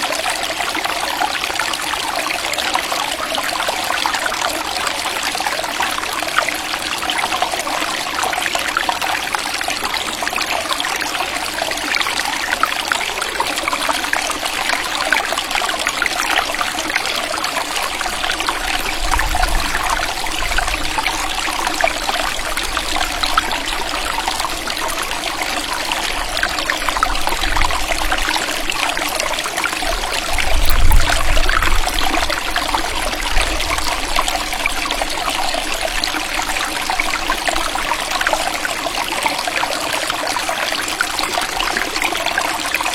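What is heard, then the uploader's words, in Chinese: A stream flows steadily and densely, bright trickling, with soft low rumbles around twenty and thirty seconds. 静心养生溪水流淌声。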